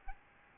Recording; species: mosquito wingbeat signal from an infrared sensor; Aedes albopictus